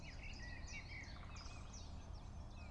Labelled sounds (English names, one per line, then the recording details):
Great Spotted Woodpecker
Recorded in Germany
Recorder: ecoPi